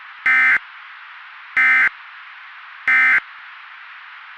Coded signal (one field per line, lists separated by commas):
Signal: Emergency Alert System (SAME) tones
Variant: end-of-message bursts